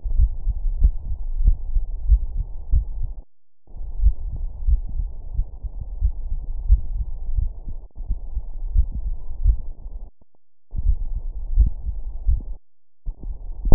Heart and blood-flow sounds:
heart sounds
0.00	0.14	diastole
0.14	0.30	S1
0.30	0.46	systole
0.46	0.54	S2
0.54	0.78	diastole
0.78	0.92	S1
0.92	1.08	systole
1.08	1.18	S2
1.18	1.40	diastole
1.40	1.56	S1
1.56	1.74	systole
1.74	1.84	S2
1.84	2.08	diastole
2.08	2.20	S1
2.20	2.36	systole
2.36	2.46	S2
2.46	2.72	diastole
2.72	2.84	S1
2.84	3.00	systole
3.00	3.10	S2
3.10	3.40	diastole
3.40	3.48	S1
3.48	3.64	systole
3.64	3.72	S2
3.72	4.00	diastole
4.00	4.14	S1
4.14	4.28	systole
4.28	4.38	S2
4.38	4.66	diastole
4.66	4.80	S1
4.80	4.96	systole
4.96	5.08	S2
5.08	5.36	diastole
5.36	5.46	S1
5.46	5.62	systole
5.62	5.72	S2
5.72	6.02	diastole
6.02	6.14	S1
6.14	6.30	systole
6.30	6.40	S2
6.40	6.66	diastole
6.66	6.80	S1
6.80	6.96	systole
6.96	7.06	S2
7.06	7.36	diastole
7.36	7.50	S1
7.50	7.68	systole
7.68	7.78	S2
7.78	8.08	diastole
8.08	8.18	S1
8.18	8.34	systole
8.34	8.44	S2
8.44	8.74	diastole
8.74	8.88	S1
8.88	9.06	systole
9.06	9.16	S2
9.16	9.44	diastole
9.44	9.60	S1
9.60	9.80	systole
9.80	9.90	S2
9.90	10.20	diastole
10.20	10.30	S1
10.30	10.48	systole
10.48	10.56	S2
10.56	10.86	diastole
10.86	10.98	S1
10.98	11.14	systole
11.14	11.24	S2
11.24	11.54	diastole
11.54	11.72	S1
11.72	11.88	systole
11.88	11.98	S2
11.98	12.28	diastole
12.28	12.42	S1
12.42	12.58	systole
12.58	12.68	S2
12.68	12.98	diastole
12.98	13.08	S1
13.08	13.26	systole
13.26	13.36	S2
13.36	13.66	diastole
13.66	13.75	S1
From the record:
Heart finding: coronary artery disease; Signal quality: good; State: rest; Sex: male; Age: 72 years

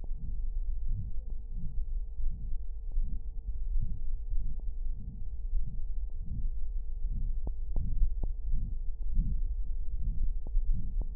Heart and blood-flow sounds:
heart sounds
not marked
From the record:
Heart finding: aortic stenosis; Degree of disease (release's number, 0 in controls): 3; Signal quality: poor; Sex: female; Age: 79 years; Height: 1.55 m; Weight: 70 kg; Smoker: no

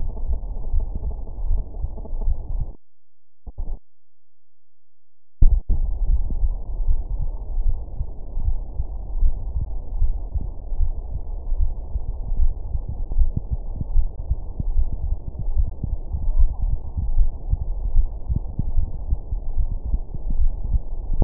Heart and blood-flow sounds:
heart sounds
0.00	0.02	S1
0.02	0.24	systole
0.24	0.38	S2
0.38	0.72	diastole
0.72	0.84	S1
0.84	1.04	systole
1.04	1.14	S2
1.14	1.46	diastole
1.46	1.60	S1
1.60	1.80	systole
1.80	1.90	S2
1.90	2.24	diastole
2.24	2.36	S1
2.36	2.56	systole
2.56	2.66	S2
2.66	6.86	noise
6.86	6.98	S1
6.98	7.18	systole
7.18	7.30	S2
7.30	7.66	diastole
7.66	7.78	S1
7.78	7.98	systole
7.98	8.06	S2
8.06	8.44	diastole
8.44	8.56	S1
8.56	8.76	systole
8.76	8.84	S2
8.84	9.16	diastole
9.16	9.32	S1
9.32	9.54	systole
9.54	9.66	S2
9.66	9.98	diastole
9.98	10.14	S1
10.14	10.34	systole
10.34	10.44	S2
10.44	10.80	diastole
10.80	10.94	S1
10.94	11.14	systole
11.14	11.22	S2
11.22	11.56	diastole
11.56	11.70	S1
11.70	11.92	systole
11.92	12.02	S2
12.02	12.36	diastole
12.36	12.52	S1
12.52	12.72	systole
12.72	12.82	S2
12.82	13.16	diastole
13.16	13.30	S1
13.30	13.50	systole
13.50	13.60	S2
13.60	13.94	diastole
13.94	14.08	S1
14.08	14.28	systole
14.28	14.38	S2
14.38	14.74	diastole
14.74	14.88	S1
14.88	15.04	systole
15.04	15.18	S2
15.18	15.54	diastole
15.54	15.66	S1
15.66	15.88	systole
15.88	16.00	S2
16.00	16.32	diastole
16.32	16.48	S1
16.48	16.64	systole
16.64	16.80	S2
16.80	17.14	diastole
17.14	17.30	S1
17.30	17.50	systole
17.50	17.60	S2
17.60	17.94	diastole
17.94	18.10	S1
18.10	18.28	systole
18.28	18.40	S2
18.40	18.76	diastole
18.76	18.90	S1
18.90	19.10	systole
19.10	19.22	S2
19.22	19.58	diastole
19.58	19.70	S1
19.70	19.90	systole
19.90	20.02	S2
20.02	20.38	diastole
20.38	20.52	S1
20.52	20.70	systole
20.70	20.82	S2
20.82	21.16	diastole
21.16	21.25	S1
From the record:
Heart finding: coronary artery disease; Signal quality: good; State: rest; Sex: female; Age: 73 years

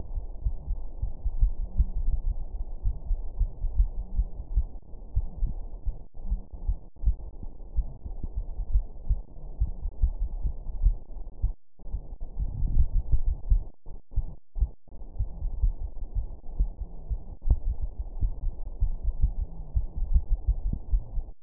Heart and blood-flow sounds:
heart sounds
not marked
From the record:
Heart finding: coronary artery disease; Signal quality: poor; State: rest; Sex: female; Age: 58 years

